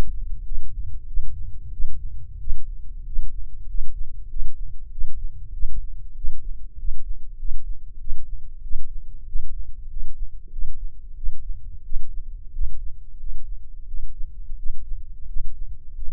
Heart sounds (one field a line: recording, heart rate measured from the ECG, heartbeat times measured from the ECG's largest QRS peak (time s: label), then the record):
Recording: heart sounds by microphone in the left ear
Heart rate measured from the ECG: 93 bpm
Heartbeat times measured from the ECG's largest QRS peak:
0.43 s: heartbeat
1.05 s: heartbeat
1.70 s: heartbeat
2.38 s: heartbeat
3.04 s: heartbeat
3.66 s: heartbeat
4.27 s: heartbeat
4.89 s: heartbeat
5.51 s: heartbeat
6.14 s: heartbeat
6.76 s: heartbeat
7.36 s: heartbeat
7.98 s: heartbeat
8.61 s: heartbeat
9.25 s: heartbeat
9.88 s: heartbeat
10.50 s: heartbeat
11.14 s: heartbeat
11.82 s: heartbeat
12.51 s: heartbeat
13.17 s: heartbeat
13.85 s: heartbeat
14.56 s: heartbeat
15.26 s: heartbeat
15.94 s: heartbeat
From the record:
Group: healthy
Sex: male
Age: 21 years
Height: 180 cm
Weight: 67.5 kg